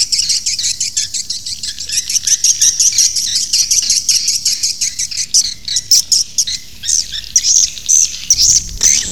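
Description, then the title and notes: Swiftlet chirps and harsh high twitters come in rapid irregular bursts over a faint low rumble. Asia; sound used in swiftlet farming to attract the birds. "Swiflet Bird Sound. Farming Swiflet Bird asia sound"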